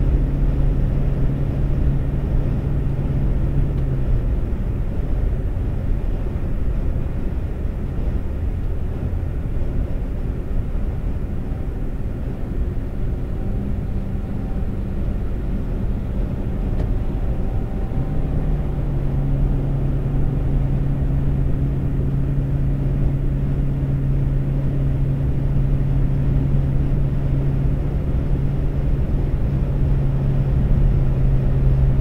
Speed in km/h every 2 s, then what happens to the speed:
132, 132, 132, 124, 119, 116, 116, 118, 118, 119, 122, 124, 127, 129, 130, 130.
4-10 slows to 116. 10-32 speeds up to 130.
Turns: none.